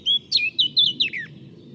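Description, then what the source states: Eurasian Blackcap song: a short run of five clear whistled notes, the last sliding downward. Recorded at La Chaux, Saint-Bonnet-le-Courreau, on 15 April 2025 with a Tascam DR-05 and parabola; known song, bird seen.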